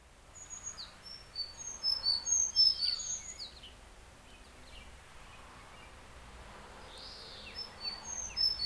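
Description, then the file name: Sakhalin leaf warbler song: high, thin, short whistled notes in quick repeated bursts, over background noise. "ezomusikui"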